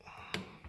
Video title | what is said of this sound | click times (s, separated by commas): Its Here! The new Lee Breech Lock Pro, Unboxing, Setup and first impressions | right that locks in place so now I've got a sprint primer catcher pretty cool | 0.3 s